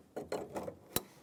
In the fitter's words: push on the back of the door handle reinforcement and make sure these clips clip into the door